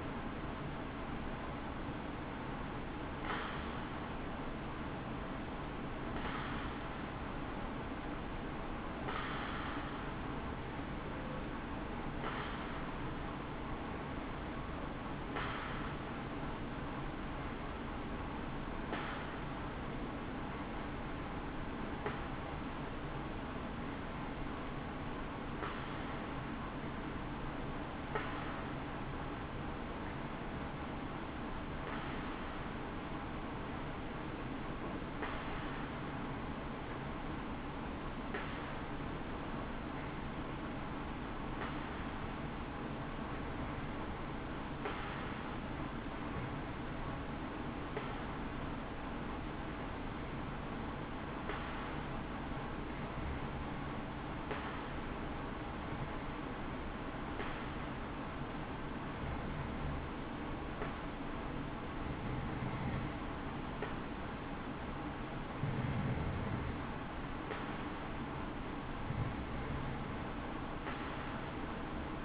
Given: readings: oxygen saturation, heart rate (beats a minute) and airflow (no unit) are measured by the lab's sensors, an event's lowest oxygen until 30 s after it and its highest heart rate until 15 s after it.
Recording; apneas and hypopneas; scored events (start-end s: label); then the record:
breathing in sleep by a voice recorder at the bedside; 1
20.00-72.24 s: new sleep stage, N2 (light sleep)
24.00-66.40 s: hypopnea (N2, oxygen 95% highest, then 92% lowest, heart rate 66 at the start, 66 highest)
From the record:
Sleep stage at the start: N1 (lightest sleep); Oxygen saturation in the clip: 92 to 95%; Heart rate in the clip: 61 to 68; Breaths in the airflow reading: 22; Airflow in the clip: -6.4 to 6.8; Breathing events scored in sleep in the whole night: 216 in 7.0 hours asleep